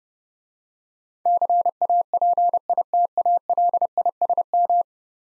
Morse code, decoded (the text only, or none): CAPITALISM